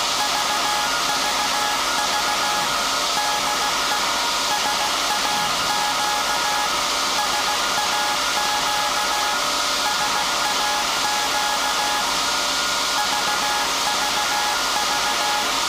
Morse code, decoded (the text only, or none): VVV DE SAQ SAQ SAQ VVV